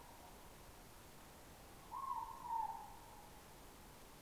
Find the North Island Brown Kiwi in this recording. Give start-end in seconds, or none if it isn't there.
none